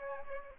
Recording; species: mosquito wingbeat signal from an infrared sensor; Aedes aegypti